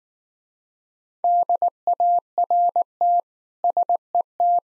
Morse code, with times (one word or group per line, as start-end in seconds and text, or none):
1.2-3.2 DART
3.6-4.6 SET